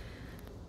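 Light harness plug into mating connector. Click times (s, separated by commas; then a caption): 0.4 s, 0.5 s. A sealed light bar wiring harness plug with a rubber seal is pushed into its mating connector behind the grille of a Jeep Grand Cherokee fitted with a 4x4 Fabworks light bar, placed there to keep it dry and safe. Over steady broadband background noise, two short clicks sound at 0.4 s and 0.5 s as the connector seats fully.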